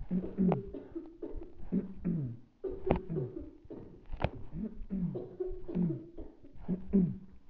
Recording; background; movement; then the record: throat clearing; a bystander coughing; sitting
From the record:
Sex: male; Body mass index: 20.5 kg/m2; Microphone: on the chest, facing the body